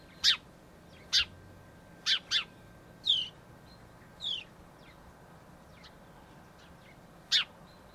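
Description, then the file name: House sparrow calls: a few clipped chirps mixed with softer, downslurred notes, spaced unevenly with pauses of up to three seconds. "Passer domesticus"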